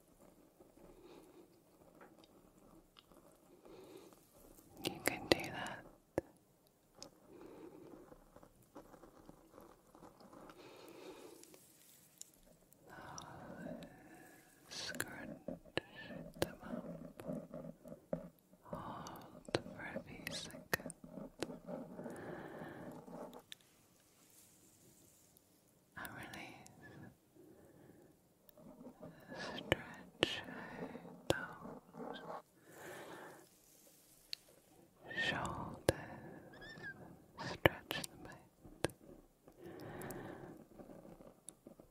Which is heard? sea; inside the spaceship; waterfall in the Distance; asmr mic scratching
asmr mic scratching